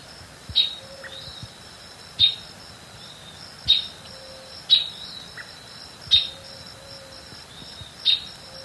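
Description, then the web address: Pale-legged hornero giving sharp, high chipping notes about every one and a half seconds over a steady, shrill insect drone. Eastern lowlands of South America. "Natures Songs S America Eastern Lowlands. Pale-legged Hornero"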